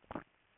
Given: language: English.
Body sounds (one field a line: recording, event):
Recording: throat vibration sensor signal played as sound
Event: swallow